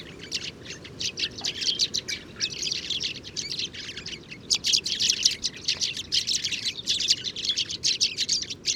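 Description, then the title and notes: Sudan golden sparrows chirping as a flock, dense overlapping high twittering notes in a busy, near-continuous chatter. Passer luteus, Mauritania, Tagant, Oued Enoicre oasis, 7 March 2019, morning; family flocks that gather at an evening roost; very common in oases; Mixpre 3 recorder. "Moineau doré ou Moineau jaune - Mauritanie. 7 mars 2019-Oued Enoicre - Tagant - Mauritanie"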